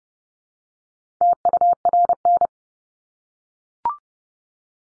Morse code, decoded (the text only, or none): TURN